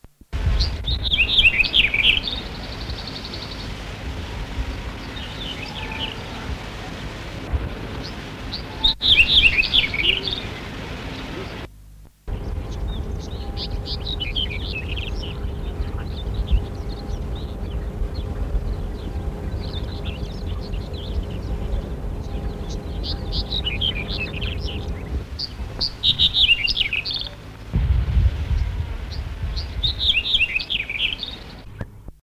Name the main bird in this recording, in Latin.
Emberiza melanocephala